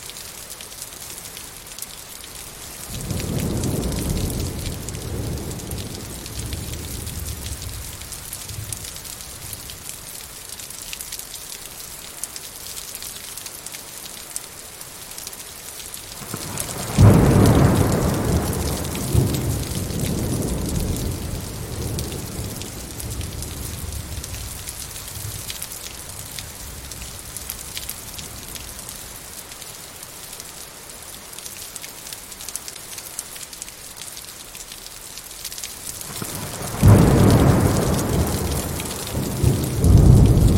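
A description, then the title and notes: Steady rain hisses throughout, a dense, even patter with a bright edge. Deep thunder rolls in three times, around 3, 17 and 37 seconds, each swelling low and rumbling for several seconds before fading; the last is sharpest and closest. 1 Hour Rain and Thunder Sounds. Calming rainstorm.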